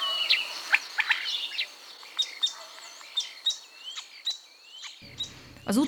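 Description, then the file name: Common starling song: a run of sharp clicks and short whistled notes, with a few rising slurs. "seregely"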